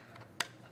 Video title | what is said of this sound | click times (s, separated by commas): KICKER UnMasked - Ep 164 - In-Studio w/ Dan Bowman | that clicks into place here. | 0.4 s